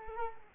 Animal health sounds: mosquito wingbeat signal from an infrared sensor; Culex quinquefasciatus

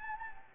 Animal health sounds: mosquito wingbeat signal from an infrared sensor; Anopheles gambiae

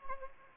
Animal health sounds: mosquito wingbeat signal from an infrared sensor; Anopheles gambiae

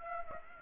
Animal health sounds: mosquito wingbeat signal from an infrared sensor; Aedes aegypti

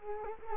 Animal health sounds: mosquito wingbeat signal from an infrared sensor; Culex quinquefasciatus

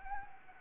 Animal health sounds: mosquito wingbeat signal from an infrared sensor; Anopheles gambiae

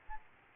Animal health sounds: mosquito wingbeat signal from an infrared sensor; Aedes albopictus

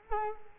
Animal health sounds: mosquito wingbeat signal from an infrared sensor; Culex quinquefasciatus

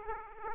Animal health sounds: mosquito wingbeat signal from an infrared sensor; Aedes aegypti

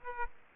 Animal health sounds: mosquito wingbeat signal from an infrared sensor; Aedes aegypti

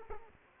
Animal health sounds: mosquito wingbeat signal from an infrared sensor; Aedes aegypti

